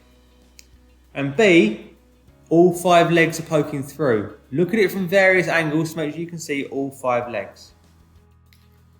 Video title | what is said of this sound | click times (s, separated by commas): MP3 Speaker Circuit Soldering Tutorial Part 2 | is a when you push it you hear a little click | 0.6 s